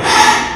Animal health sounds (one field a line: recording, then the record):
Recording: squeal of a Yucatan mini pig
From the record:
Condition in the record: after surgery on the right vocal fold (resection and tissue-engineered implant)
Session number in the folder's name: 3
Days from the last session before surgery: 33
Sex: male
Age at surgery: 12 weeks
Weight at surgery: 13 kg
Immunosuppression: cyclosporine, prednisolone